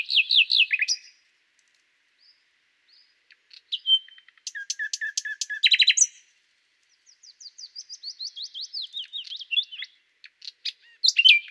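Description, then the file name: Common nightingale song in separate phrases: rapid warbles, a long pause, a burst of stacked buzzy pulses, then a quick trilled sequence and a final phrase. "Luscinia megarhynchos"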